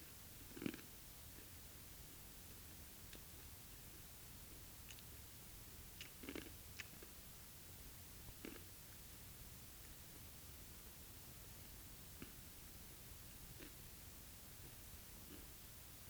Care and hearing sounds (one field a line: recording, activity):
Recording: daily activity, guitar pickup as the sensor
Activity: eat